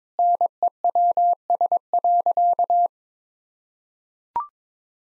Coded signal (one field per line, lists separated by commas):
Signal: Morse code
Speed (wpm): 22 wpm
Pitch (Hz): 700 Hz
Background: none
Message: NEWS.